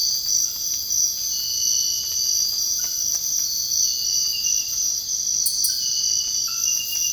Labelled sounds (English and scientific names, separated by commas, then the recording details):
none
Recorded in dense forest near Puerto Asís, Putumayo, Colombia, on 19 February 2024 at 05:00
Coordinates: 0.485, -76.325
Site G6429